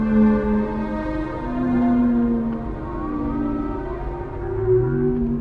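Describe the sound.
Whale song: overlapping low moans and slow sliding tones, with a rising groan toward the end.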